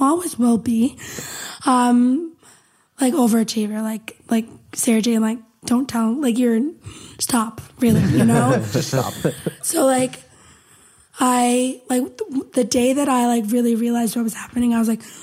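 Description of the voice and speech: An adult woman speaks in short, loosely linked fragments, leaning on repeated "like" fillers, with pauses of up to a second while searching for words. One stretch sounds breathy and noisy, with audible, laboured breathing after throat trauma. This is effortful word-finding difficulty from aphasia after an ischemic stroke followed by an eight-week coma.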